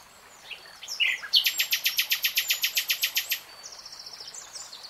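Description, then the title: Nightingale song of a few varied notes leading into a fast, regular series of many loud clicking pulses, then a faint thin trill. Nightingale singing in real time. "[Tiếng chim hót] Nightingale Singing"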